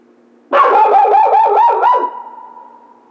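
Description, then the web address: Coyote yipping: a fast run of sharp, wavering yelps merging into a held note that fades out. Howl, recorded 16 March 2010. "sounds mammals Coyote 2010 03 16 11 howl"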